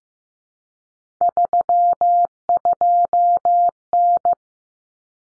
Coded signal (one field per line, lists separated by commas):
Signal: Morse code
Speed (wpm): 15 wpm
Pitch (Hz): 700 Hz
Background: none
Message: 32N